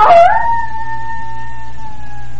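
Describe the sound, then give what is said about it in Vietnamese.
A dog named Spot, backing away slowly, lets out one long, mournful howl: a brief rising yelp that settles into a steady, drawn-out whining tone, fairly loud and heard alone over a low background hum. “Nó thụt lùi từ từ rồi sủa lên một tiếng như khóc.”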